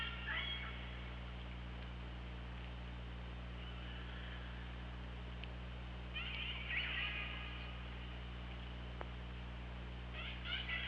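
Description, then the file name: Orca calls: three bursts of harmonic, buzzy calls at the start, middle and end, with a sharp click between, over steady underwater hum. OrcaLab hydrophone recording, 24 August 2017, about 18:54. "Orca Lab UTLN JASON 20170824 185424 ORCALABDYNI"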